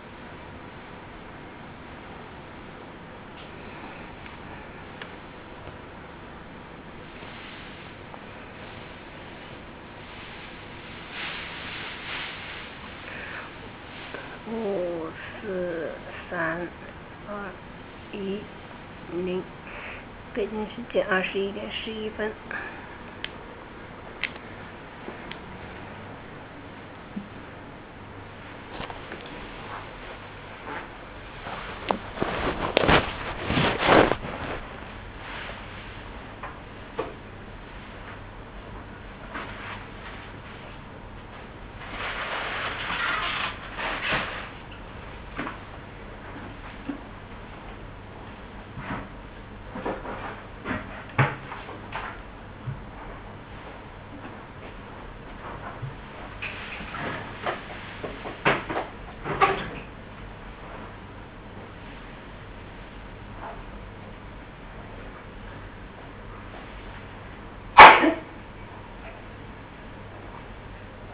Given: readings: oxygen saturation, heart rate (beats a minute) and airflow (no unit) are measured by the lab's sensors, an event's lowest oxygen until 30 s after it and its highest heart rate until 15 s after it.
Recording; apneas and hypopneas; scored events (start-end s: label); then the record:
a person awake in a sleep study, by a voice recorder at the bedside; none
0.00-71.13 s: awake
From the record:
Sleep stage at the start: awake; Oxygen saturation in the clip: 94 to 95%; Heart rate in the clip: 62 to 64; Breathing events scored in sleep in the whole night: 305 in 9.6 hours asleep